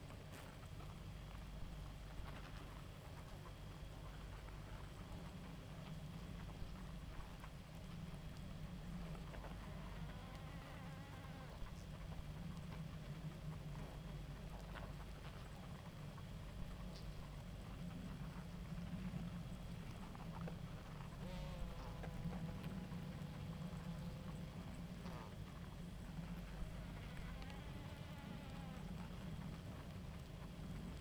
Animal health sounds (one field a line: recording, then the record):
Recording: honeybee colony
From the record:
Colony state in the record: active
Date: 28 July 2017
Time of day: 0:11